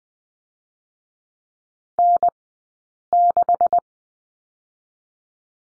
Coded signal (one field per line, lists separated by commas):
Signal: Morse code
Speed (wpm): 20 wpm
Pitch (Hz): 700 Hz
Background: none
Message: N6